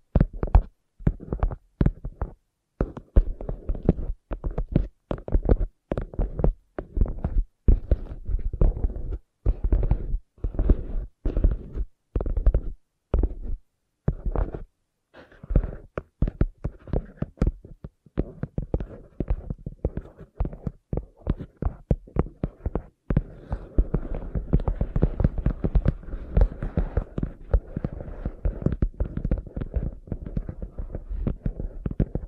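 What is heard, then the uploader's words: Soft, sensitive tapping in quick, uneven bursts, each tap a dull, low thump with a little brightness on top. Through the first half the taps are separated by short silences; after about 23 seconds they run together into a dense, continuous patter. Sensitive Tapping.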